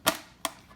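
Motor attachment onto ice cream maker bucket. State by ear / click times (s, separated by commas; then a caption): seated / 0.4 s. The motor attachment of an ice cream maker is spun on top of the ice cream bucket until it lines up, then pressed down. A broad knock at 0.1 s is followed by a sharp plastic snap at 0.5 s as the motor seats onto the bucket.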